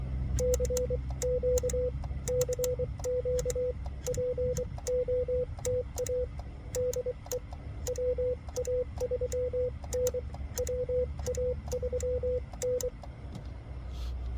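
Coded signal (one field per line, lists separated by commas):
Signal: Morse code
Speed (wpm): 24 wpm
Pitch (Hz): 500 Hz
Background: radio noise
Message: CQ CQ POTA DE WA3N WA3N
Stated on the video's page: CW during a marathon park activation, Xiegu G90 with Putikeeg key and 17-foot steel whip on a truck-bed stud mount.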